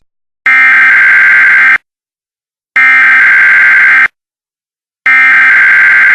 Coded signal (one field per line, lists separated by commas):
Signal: Emergency Alert System (SAME) tones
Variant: header bursts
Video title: EAS Monthly Test (Jan. 2008)